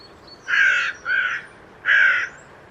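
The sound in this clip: Bird calling three harsh, rasping caws, the middle one shorter, with a quiet background.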